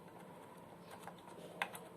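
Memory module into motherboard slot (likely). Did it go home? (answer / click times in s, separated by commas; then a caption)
yes / 1.6 s. A component, likely a memory module, is pressed into its motherboard slot until the retention clip snaps shut. Low background noise is broken by a faint tick at 1.1 s and a sharp click at 1.6 s as the clip locks automatically, seating the module.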